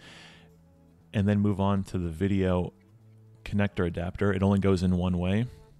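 Someone talks while handling a video connector adapter cable for a display control module board connector, the socket on the display's main board. Nothing has seated or clicked yet. A faint hiss fades in the first second before the talking, with quiet gaps between phrases.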